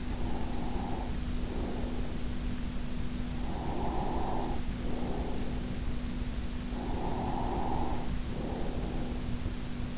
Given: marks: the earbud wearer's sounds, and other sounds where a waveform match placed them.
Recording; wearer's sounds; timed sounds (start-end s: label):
sounds in sleep by an in-ear microphone; breath
0.00-2.30 s: breath
3.30-5.98 s: breath
6.59-9.30 s: breath